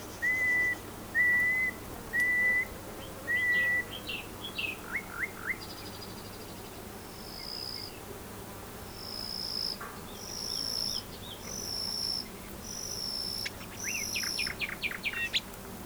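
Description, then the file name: Common nightingale song: four long level whistles, a few rapid notes, then a series of thin high notes ending in a rapid burst; a low hum underneath. "Luscinia megarhynchos"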